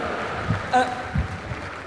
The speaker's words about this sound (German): Vielen Dank. Vielen Dank. Der Applaus ist gerechtfertigt.